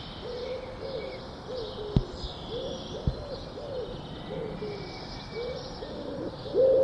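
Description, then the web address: Bird giving soft low hoots in a steady, fairly rapid series over a constant broad hiss, with a couple of sharp clicks. "cianscape. Deverinetal"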